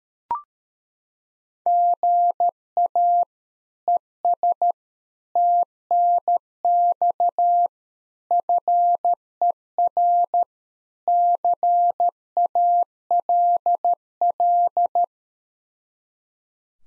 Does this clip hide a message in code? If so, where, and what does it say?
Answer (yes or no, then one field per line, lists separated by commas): yes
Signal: Morse code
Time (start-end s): 1.7-15.0 s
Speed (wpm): 13 wpm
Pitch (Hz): 700 Hz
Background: none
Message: GA ES TNX FER CALL